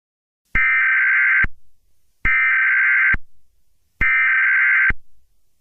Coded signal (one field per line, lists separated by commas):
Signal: Emergency Alert System (SAME) tones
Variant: header bursts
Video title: eas scenario catemojibabyheat part 6